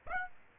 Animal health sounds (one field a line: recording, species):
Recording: mosquito wingbeat signal from an infrared sensor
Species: Aedes aegypti